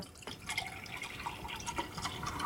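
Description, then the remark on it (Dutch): A thin stream of water runs from a very small single-handle kitchen tap, steadily, with a soft continuous hiss and light, bubbly trickling notes throughout, no voices. “Ik zal er even wat water in gaan laten stromen nu.”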